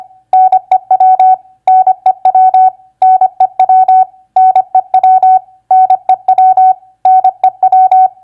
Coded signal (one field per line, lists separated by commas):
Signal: Morse code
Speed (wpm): 25 wpm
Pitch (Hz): 750 Hz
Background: none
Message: NEW NEW NEW NEW NEW NEW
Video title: Morse Code Practice WR2c Word Recognition NEW-OLD-NOW 25wpm